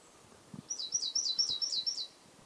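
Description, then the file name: Great tit singing a quick run of six high, bright double notes in an even rhythm, with faint low knocks underneath. "Parus major"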